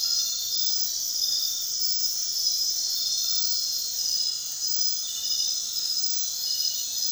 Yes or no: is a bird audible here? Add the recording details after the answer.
no. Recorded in dense forest near Puerto Asís, Putumayo, Colombia, on 19 February 2024 at 01:00. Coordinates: 0.466, -76.327. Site G6413